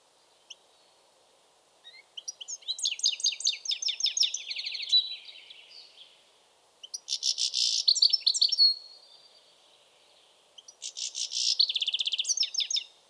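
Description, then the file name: European goldfinch song: three bursts of fast, tinkling, buzzy twitters with rapid trills, separated by short pauses. "Carduelis carduelis"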